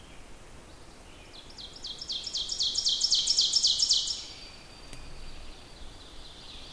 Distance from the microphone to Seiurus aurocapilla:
about 25 m